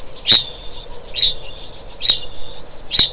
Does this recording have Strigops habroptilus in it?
yes